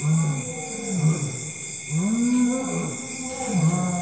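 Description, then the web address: Lion giving low, drawn-out moaning roars, one long arched call in the middle, with a constant shrill insect chorus behind. Lions in forest at dusk in Africa, with an insect chorus. "Africa- The Natural World. LIONS, Lions with insext chorus, in forest at dusk"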